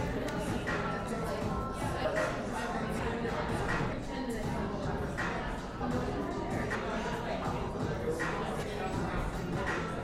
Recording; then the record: background sound without coughing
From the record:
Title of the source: 60 minutes of coffee shop sounds for study and concentration